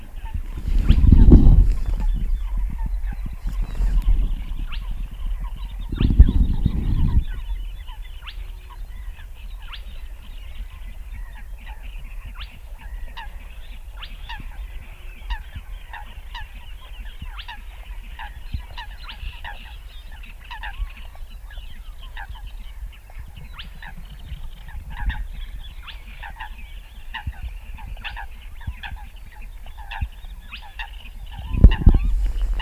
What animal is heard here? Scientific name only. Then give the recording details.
Porzana porzana. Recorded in the wild. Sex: male. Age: adult. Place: Kützerhof, Kummerower See, Mecklenburg-Vorpommern, DE. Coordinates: 53.8428, 12.8381. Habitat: wetland. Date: 2009-05-05 20:50. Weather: bewölkt, fast windstill, 10°C. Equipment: Sound Devices 702, Sennheiser MKH 70, Rycote Windschutz. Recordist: Frommolt, Karl-Heinz